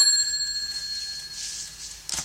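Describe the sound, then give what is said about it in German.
A doorbell rings once with a bright, high metallic tone that lingers and slowly fades, ending in a brief rustling noise; no one speaks. “Da scheint jemand an der Tür zu sein!”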